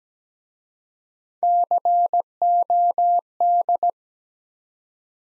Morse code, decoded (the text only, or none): COD